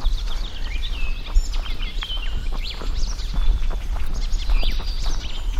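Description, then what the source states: Icterine Warbler song, a fast varied run of whistled, chattering and squeaky phrases. Singing skilfully in a nearby tree just after sunrise, a few mornings earlier in May, on the lakeshore at Sylvöjärvi, Nastola, Päijät-Häme.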